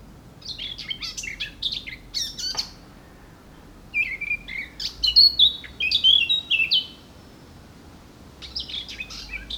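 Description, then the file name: Eurasian blackcap song: quick varied warbling phrases of chirpy notes, one burst early, a louder sweeping phrase midway, another starting near the end; faint low background hum. "Sylvia atricapilla"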